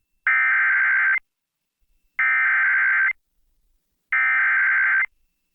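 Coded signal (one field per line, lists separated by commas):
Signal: Emergency Alert System (SAME) tones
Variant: header bursts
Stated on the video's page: Severe Thunderstorm Warning from NWS Medford relayed by an FM station, recorded from the station's online live stream.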